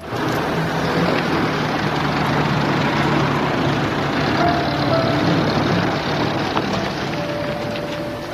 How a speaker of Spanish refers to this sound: Cuando el coche entró en el pueblo después del largo viaje,